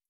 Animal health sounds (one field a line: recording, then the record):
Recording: hydrophone in a shrimp aquaculture tank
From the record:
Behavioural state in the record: feeding